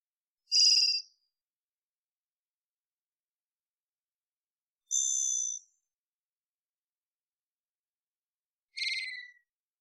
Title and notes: BIRDSong Thrushes And Allies - Varied Thrush - Immature. Varied Thrush, Ixoreus naevius, song, odd, like warming-up practice, perhaps juvenile. Recorded in the beautiful Pacific Northwest, Washington, United States